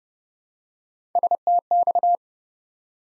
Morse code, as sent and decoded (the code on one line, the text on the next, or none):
... - -..-
STX